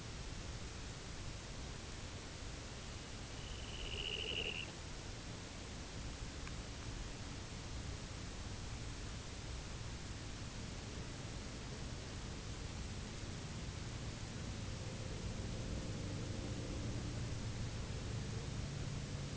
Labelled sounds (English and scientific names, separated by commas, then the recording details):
Dunlin (Calidris alpina)
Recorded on Arctic tundra, site UTQI-0, on 11 June 2019
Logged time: 04:00